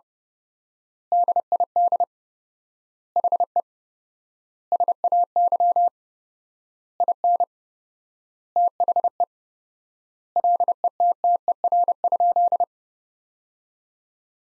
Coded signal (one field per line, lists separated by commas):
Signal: Morse code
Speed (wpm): 30 wpm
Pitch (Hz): 700 Hz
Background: none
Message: DID HE SAY IN THE LETTER?